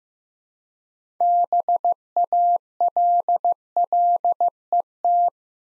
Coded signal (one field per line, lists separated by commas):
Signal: Morse code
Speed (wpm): 15 wpm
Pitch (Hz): 700 Hz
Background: none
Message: BALLET